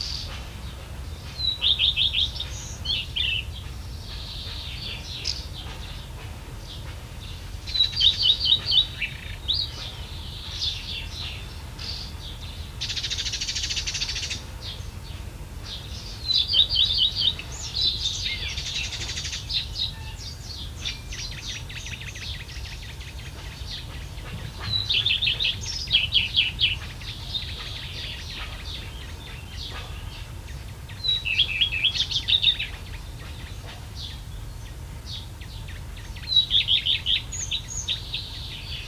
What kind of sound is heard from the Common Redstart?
song